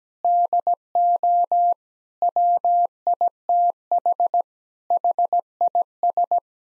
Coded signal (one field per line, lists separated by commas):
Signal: Morse code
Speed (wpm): 17 wpm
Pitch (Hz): 700 Hz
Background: none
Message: DO WITH HIS